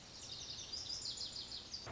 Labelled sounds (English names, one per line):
Lazuli Bunting